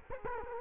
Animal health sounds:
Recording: mosquito wingbeat signal from an infrared sensor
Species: Culex quinquefasciatus

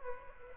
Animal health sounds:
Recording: mosquito wingbeat signal from an infrared sensor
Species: Aedes aegypti

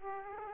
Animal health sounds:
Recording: mosquito wingbeat signal from an infrared sensor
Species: Aedes aegypti

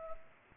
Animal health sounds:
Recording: mosquito wingbeat signal from an infrared sensor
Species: Culex pipiens

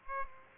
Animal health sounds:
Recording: mosquito wingbeat signal from an infrared sensor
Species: Aedes aegypti

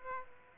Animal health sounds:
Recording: mosquito wingbeat signal from an infrared sensor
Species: Aedes aegypti

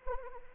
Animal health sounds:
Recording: mosquito wingbeat signal from an infrared sensor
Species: Anopheles arabiensis

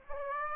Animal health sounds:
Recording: mosquito wingbeat signal from an infrared sensor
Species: Aedes aegypti

